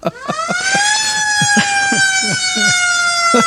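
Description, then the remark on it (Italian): A police siren sounds a steady, rising electronic wail that holds a high pitch, while several voices talk and shout over it in short bursts. “Non mi interrompa, abbandono lo studio, chiamo i carabinieri.”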